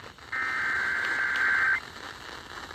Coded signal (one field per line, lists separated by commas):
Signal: Emergency Alert System (SAME) tones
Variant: header bursts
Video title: MN/WI test TOR part 1 (1:45 PM CDT) (EAS #558-559)